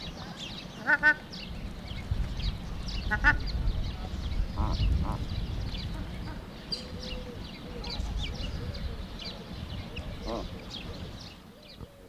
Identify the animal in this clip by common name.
Ruddy Shelduck